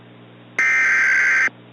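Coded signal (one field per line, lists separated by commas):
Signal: Emergency Alert System (SAME) tones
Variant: header bursts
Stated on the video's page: Unfinished fictional EAS scenario, a simulated alert.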